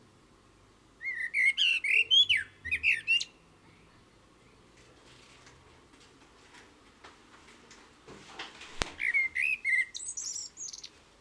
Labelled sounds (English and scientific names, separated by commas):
Common Blackbird (Turdus merula) song